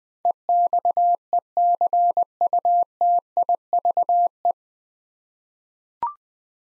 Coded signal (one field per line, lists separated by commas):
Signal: Morse code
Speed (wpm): 20 wpm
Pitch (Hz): 700 Hz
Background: none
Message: EXECUTIVE